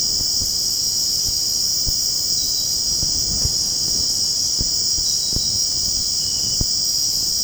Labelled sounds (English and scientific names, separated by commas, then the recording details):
none
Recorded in secondary vegetation near Puerto Asís, Putumayo, Colombia, on 18 February 2024 at 02:30
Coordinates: 0.489, -76.322
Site G6419